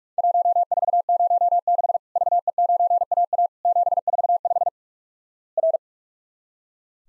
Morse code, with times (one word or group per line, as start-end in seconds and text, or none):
0.2-2.0 1406
2.2-3.5 VE9AA
3.7-4.7 745
5.6-5.8 R